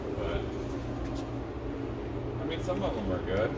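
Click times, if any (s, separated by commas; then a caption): none. While pinning the Haldex controller connector, a plastic pin-retaining wedge is handled at the wiring connector housing as someone talks over a steady low hum. Nothing has seated or clicked yet.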